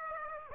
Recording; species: mosquito wingbeat signal from an infrared sensor; Aedes aegypti